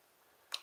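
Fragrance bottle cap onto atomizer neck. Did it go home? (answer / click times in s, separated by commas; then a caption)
yes / 0.5 s. A cap is fitted over the spray atomizer on the neck of a fragrance bottle and clicks into place. After a quiet lead-in, a single sharp, bright click is heard at 0.5 seconds, followed by a brief fading ring as the cap seats.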